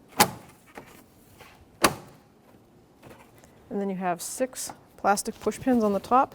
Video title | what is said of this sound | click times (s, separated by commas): How to Replace Alternator 2005-2021 Nissan Frontier 4.0L V6 | You're going to have to tilt the grill cover just to line right up, and then you're going to push it in until it clicks. | 0.2 s, 1.8 s